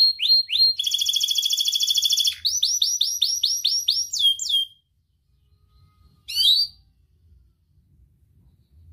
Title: Kenari Gacor Cengkok Isian Kenarigacor Kicaumania Kenari